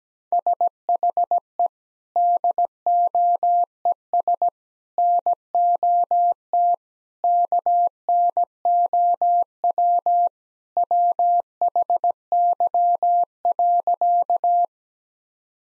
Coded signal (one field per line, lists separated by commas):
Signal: Morse code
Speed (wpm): 17 wpm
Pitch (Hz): 700 Hz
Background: none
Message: SHE DOES NOT KNOW WHY.